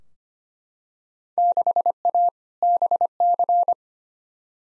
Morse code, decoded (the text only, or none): 6A BC